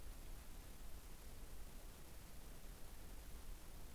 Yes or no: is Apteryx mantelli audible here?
no